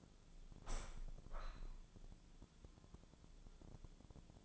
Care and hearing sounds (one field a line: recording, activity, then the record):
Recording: daily activity, microphone in the room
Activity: open window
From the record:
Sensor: 5